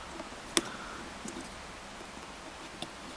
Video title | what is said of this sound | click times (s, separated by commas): Abu 6500 C3 Tear Down Service and Rebuild | make sure it clicks in, which it will eventually when I get it right. There you go. | 0.6 s